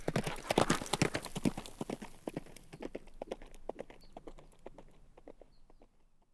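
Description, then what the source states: Horse cantering, a quick uneven run of hoofbeats, loud at first and fading away over the last few seconds. Cantering by on dirt.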